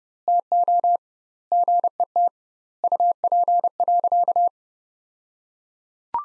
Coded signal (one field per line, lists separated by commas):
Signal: Morse code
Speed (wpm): 31 wpm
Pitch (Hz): 700 Hz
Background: none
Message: TO GET UP.